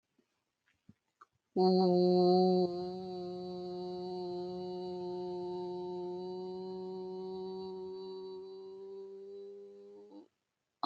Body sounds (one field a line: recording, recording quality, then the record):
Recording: sustained vowel as in boot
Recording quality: excellent, no background noise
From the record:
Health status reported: healthy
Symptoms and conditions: hypertension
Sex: female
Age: 42 years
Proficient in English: yes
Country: India